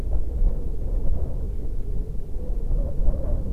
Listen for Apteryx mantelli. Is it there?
no